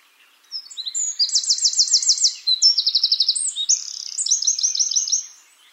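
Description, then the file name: Eurasian wren giving one energetic song phrase of about five seconds, packed with high rattling trills and quick piercing notes, with quiet before and after. "Troglodytes troglodytes"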